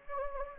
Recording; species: mosquito wingbeat signal from an infrared sensor; Anopheles gambiae